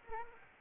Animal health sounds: mosquito wingbeat signal from an infrared sensor; Aedes aegypti

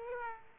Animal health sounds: mosquito wingbeat signal from an infrared sensor; Aedes aegypti

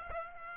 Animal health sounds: mosquito wingbeat signal from an infrared sensor; Aedes aegypti

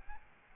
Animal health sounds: mosquito wingbeat signal from an infrared sensor; Aedes albopictus

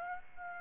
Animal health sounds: mosquito wingbeat signal from an infrared sensor; Aedes aegypti

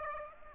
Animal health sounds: mosquito wingbeat signal from an infrared sensor; Aedes aegypti

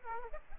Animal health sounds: mosquito wingbeat signal from an infrared sensor; Aedes aegypti

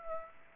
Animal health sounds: mosquito wingbeat signal from an infrared sensor; Aedes aegypti

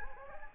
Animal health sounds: mosquito wingbeat signal from an infrared sensor; Anopheles gambiae

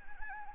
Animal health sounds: mosquito wingbeat signal from an infrared sensor; Anopheles arabiensis

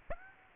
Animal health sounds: mosquito wingbeat signal from an infrared sensor; Aedes aegypti

